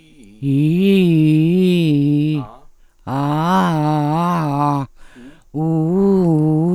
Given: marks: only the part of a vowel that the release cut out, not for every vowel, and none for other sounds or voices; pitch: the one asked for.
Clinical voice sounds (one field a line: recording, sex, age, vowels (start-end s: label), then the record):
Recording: sustained vowels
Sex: female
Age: 70 to 79 years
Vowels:
0.53-1.41 s: vowel /i/, low-high-low pitch
3.17-4.04 s: vowel /a/, low-high-low pitch
5.65-6.57 s: vowel /u/, low-high-low pitch
From the record:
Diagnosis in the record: intubation injury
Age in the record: 70 years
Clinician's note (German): Zustand danach, stroboskopisch unregelmäßiges Schwingungsbild